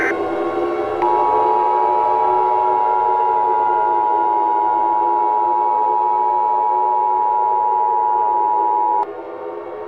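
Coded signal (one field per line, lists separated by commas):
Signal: Emergency Alert System (SAME) tones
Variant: 853 and 960 Hz attention tone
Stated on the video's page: EAS tones used in a film.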